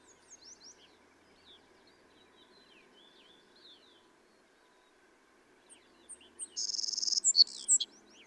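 Savannah sparrow song near the end: high chips, then a buzzy trill and lower buzz; faint, scattered chirps fill the earlier seconds.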